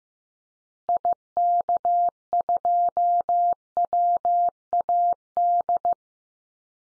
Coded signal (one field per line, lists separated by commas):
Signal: Morse code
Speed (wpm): 15 wpm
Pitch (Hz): 700 Hz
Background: none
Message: IK2WAD